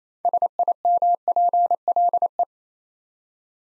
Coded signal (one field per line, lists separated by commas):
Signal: Morse code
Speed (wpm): 27 wpm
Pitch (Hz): 700 Hz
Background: none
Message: SIMPLE